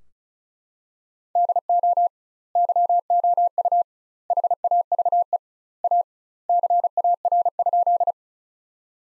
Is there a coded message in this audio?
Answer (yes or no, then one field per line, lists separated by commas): yes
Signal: Morse code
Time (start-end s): 1.4-8.1 s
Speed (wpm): 36 wpm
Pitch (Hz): 700 Hz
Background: none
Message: DO YOU HAVE A CAR?